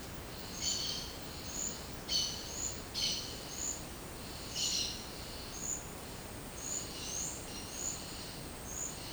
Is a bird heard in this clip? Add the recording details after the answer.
yes. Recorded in dense forest near Puerto Asís, Putumayo, Colombia, on 24 March 2025 at 12:30. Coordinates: 0.500, -76.322. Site GP06